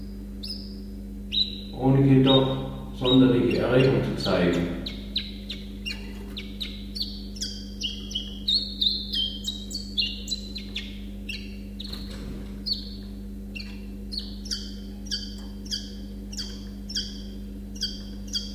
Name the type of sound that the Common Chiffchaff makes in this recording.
song